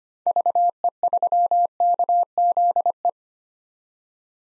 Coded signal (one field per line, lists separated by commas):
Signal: Morse code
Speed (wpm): 25 wpm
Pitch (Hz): 700 Hz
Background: none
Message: VE3KZE